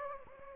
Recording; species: mosquito wingbeat signal from an infrared sensor; Anopheles gambiae